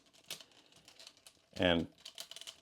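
The plastic arm of a Dark of the Moon Leader Class Bumblebee transforming figure is handled and pushed toward its socket on the body, making light, scattered plastic taps and rattles. Someone talks briefly around 1.6 s. Nothing has seated or clicked into place yet.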